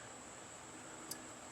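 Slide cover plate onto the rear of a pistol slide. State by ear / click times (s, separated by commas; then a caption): not seated / none. A polymer/metal slide cover plate, already started onto the rear of a pistol slide, is pushed down with a Glock tool while the channel liner sleeve is pressed. Steady broadband hiss runs throughout, with a brief sharp high-frequency tick at 1.1 s. Nothing has seated or clicked yet; the plate is not yet home.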